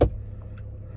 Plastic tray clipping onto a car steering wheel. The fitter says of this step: get this on here but what you do is you lift it up and it literally just locks in place like look at this